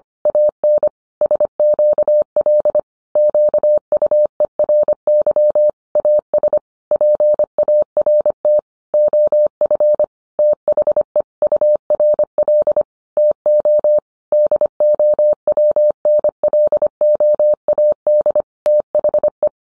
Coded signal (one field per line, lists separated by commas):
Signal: Morse code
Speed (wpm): 25 wpm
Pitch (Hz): 600 Hz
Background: none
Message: AN SQL QUERY AS PART OF THE URL TO DOWNLOAD THE